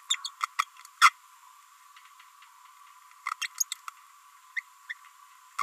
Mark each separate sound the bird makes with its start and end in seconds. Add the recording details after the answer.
3.26-3.33, 3.42-3.47, 3.72-3.74, 4.56-4.60, 4.89-4.93. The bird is a female. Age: 28 days. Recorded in a nest box in Venezuela. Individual 17B42B2